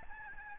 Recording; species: mosquito wingbeat signal from an infrared sensor; Aedes albopictus